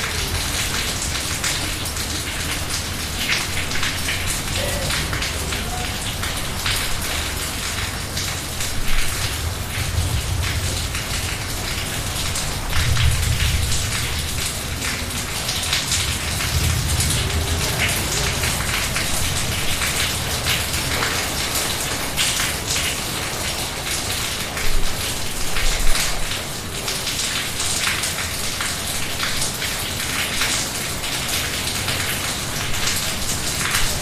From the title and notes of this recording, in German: Klang lateinamerikanischer Regenschauer. In dieser Episode entführen wir dich akustisch in die magische Atmosphäre eines Regenschauers während der Regenzeit in Lateinamerika. Tauche ein in eine Welt, in der die Tropfen sanft auf den Boden fallen und ein entspannendes Rauschen erzeugen.